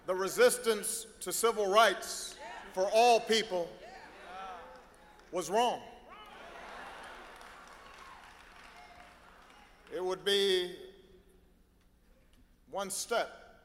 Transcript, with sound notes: the resistance to civil rights for all people was wrong. (Applause.) It would be one step